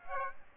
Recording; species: mosquito wingbeat signal from an infrared sensor; Aedes aegypti